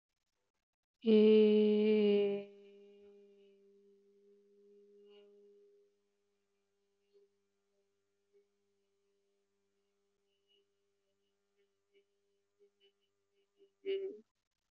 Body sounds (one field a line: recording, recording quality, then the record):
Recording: sustained vowel as in made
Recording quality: excellent, no background noise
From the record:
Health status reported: healthy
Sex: female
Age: 33 years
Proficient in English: yes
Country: India